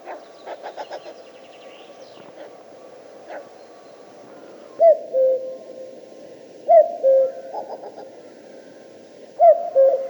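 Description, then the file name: Common cuckoo calling a two-note cu-coo three times, a few seconds apart, after some fainter sounds at the start. "Kukushka"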